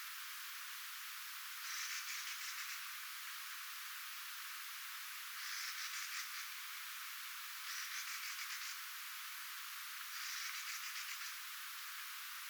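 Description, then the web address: Mistle thrush giving dry, rattling churrs, four bursts of about one second each, over steady hiss. Recorded 3 October 2024; the calls somewhat resemble a Eurasian jay's, especially the first sound. "paivat 3 10 2024 kulorastaslinnun aantelya vahan muistuttaa varsinkin ensimmainen aani narhen aanta"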